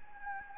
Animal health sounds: mosquito wingbeat signal from an infrared sensor; Anopheles gambiae

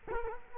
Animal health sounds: mosquito wingbeat signal from an infrared sensor; Culex quinquefasciatus

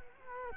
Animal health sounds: mosquito wingbeat signal from an infrared sensor; Culex quinquefasciatus

